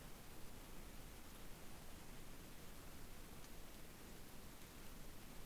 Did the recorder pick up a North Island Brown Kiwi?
no